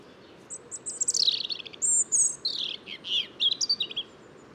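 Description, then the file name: European robin singing a rapid, varied phrase of high piping notes, descending trills and sweet warbles, ending with thin, sharp notes. "Erithacus rubecula"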